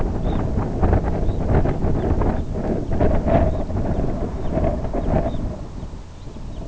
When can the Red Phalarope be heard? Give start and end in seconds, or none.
0.13-0.44, 1.15-1.48, 1.88-2.53, 3.20-4.02, 4.32-4.52, 4.90-5.42, 5.69-6.65